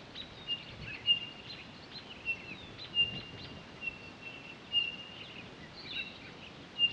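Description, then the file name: Townsend's solitaire repeating a single short, pure, even-pitched whistle at intervals over a quiet hissy background. Recorded 23 October 2011. "20111023 townsends-solitaire"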